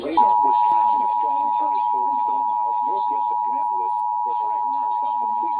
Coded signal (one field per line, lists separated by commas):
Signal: Emergency Alert System (SAME) tones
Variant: 853 and 960 Hz attention tone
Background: speech